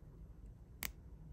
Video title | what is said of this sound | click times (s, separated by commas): PROPER TECHNIQUE FOR SCREWING IN A SEIKO DIVER CROWN | you can hear it click down that's dropping onto the threads properly | 0.9 s